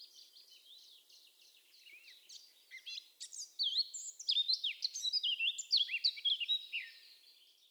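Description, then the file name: Eurasian blackcap singing a continuous high warble, starting soft with repeated chattering notes and swelling into loud, varied, rapid phrases before fading at the end. "Sylvia atricapilla"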